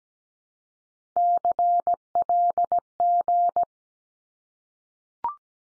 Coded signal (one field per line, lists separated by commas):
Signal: Morse code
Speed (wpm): 17 wpm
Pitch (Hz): 700 Hz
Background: none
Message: CLG